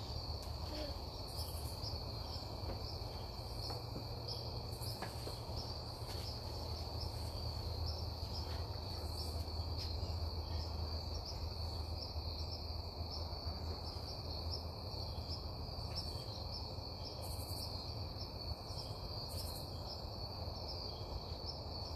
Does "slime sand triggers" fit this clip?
no